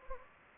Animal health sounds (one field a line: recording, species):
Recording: mosquito wingbeat signal from an infrared sensor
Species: Anopheles gambiae